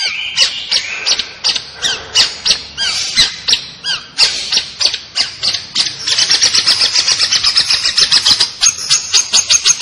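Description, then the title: Long-tailed shrike song: harsh, scratchy notes repeated quickly, speeding into a fast, even chatter in the second half. Described as gacor. "Cendet Gacor"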